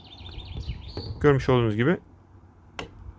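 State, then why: Seated. An attachment is fitted onto a Kiwi KMX-3612 cordless hand mixer, its notches seating into the mixer body. Someone talks, and a sharp click at 2.8 s marks the attachment locking into place, leaving the mixer ready to use.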